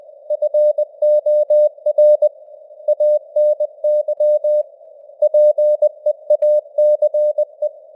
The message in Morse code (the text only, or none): FOR ANY PEACE